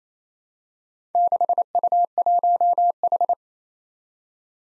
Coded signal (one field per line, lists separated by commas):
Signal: Morse code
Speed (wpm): 28 wpm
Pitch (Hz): 700 Hz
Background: none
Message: 6U1H